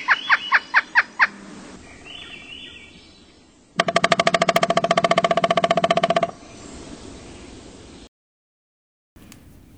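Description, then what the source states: Pileated Woodpecker gives six loud 'kuk' notes, then a fast, resonant drum roll of about two and a half seconds, followed by quiet. Mystery sound played from a sound library; largest woodpecker in North America, excluding the ivory-billed woodpecker.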